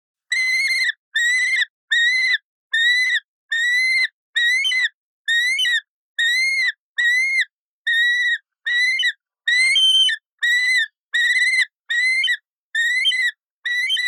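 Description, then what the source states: Yellow-billed kite calling steadily: a long run of about seventeen ringing whistled notes, each held briefly and repeated roughly once every second. Yellow-billed kite chirp.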